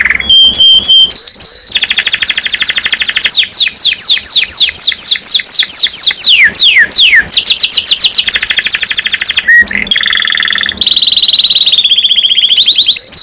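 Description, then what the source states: Canary song mixing clipped chirps, rapid falling sweeps, buzzy trills and sustained whistles in quick succession. Domestic canary described as gacor, singing constantly, and as a first-place champion songbird.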